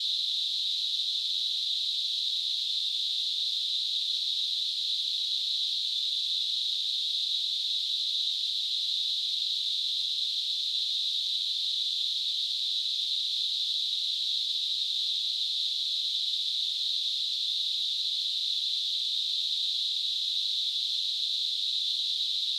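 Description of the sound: A steady, high-pitched hissing tone, a narrow band of noise, holds at an even level throughout, with nothing in the low range. It is a simulated tinnitus sound that imitates the constant ringing or hissing some people hear.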